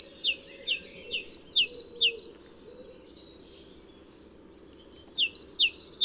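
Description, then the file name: Great tit repeating sharp two-note phrases, several in a row, a quiet gap, then a few more phrases, faint hum beneath. "Parus major"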